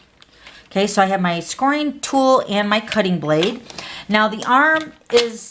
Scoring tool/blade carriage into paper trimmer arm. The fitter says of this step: can kind of click it and you'll hear it click in okay